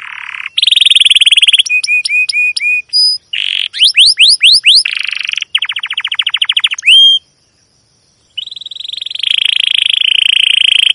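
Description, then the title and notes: Domestic canary song of varied phrases: buzzy rolls, repeated short whistled notes, sweeping notes and a trill, a pause, then a long steady rattling trill. Domestic canary with long, energetic chirping song, used as a lure recording to train and tutor young canaries learning song. "CUIT CUIT NGEROL LANGSUNG GACOR PANJANG Kenari Ini AMPUH Utk Pancingan KENAR. PANCINGAN Kenari GACOR PANJANG Cuit CUIT EMOSI ini AMPUH utk MASTERAN Kenari PAUD belajar BUNYI. burung kenari"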